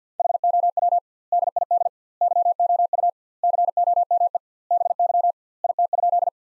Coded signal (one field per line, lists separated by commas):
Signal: Morse code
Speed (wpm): 50 wpm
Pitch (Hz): 700 Hz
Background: none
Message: HOW DID YOU COME BY IT?